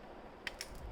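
A CPU cooler, placed over the motherboard mounting holes, is pressed down from the top so its push pins snap into the holes. Two short, sharp clicks are heard at 0.5 s and 0.6 s over a low background hiss. The pins lock in, and the cooler is seated.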